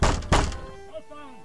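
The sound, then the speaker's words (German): Two heavy, booming thuds of fists pounding on a wooden door as police demand entry, one right after the other, then the sound dies away into a faint murmur. “Machen Sie auf oder wir schlagen die Tür ein!”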